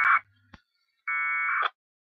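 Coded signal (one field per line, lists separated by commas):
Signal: packet radio (AX.25, as in APRS)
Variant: 1200 baud AFSK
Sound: two brief raspy data bursts, one very short, one about half a second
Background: radio squelch click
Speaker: let's disconnect on the left i've typed control c and now d for disconnect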